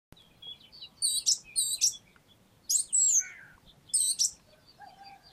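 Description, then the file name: Eurasian blackcap: loud, sharp, high notes, some in quick pairs, spaced irregularly, with a fainter lower note near the end and a quiet background. "Sylvia atricapilla"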